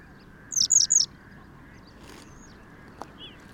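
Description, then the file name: Western yellow wagtail calls: three quick, high, thin downslurred notes in a tight burst, then faint scattered chirps over quiet background hiss. "Gele Kwikstaart Motacilla flava"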